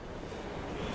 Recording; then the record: background sound without coughing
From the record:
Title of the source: Train Station Sounds Paris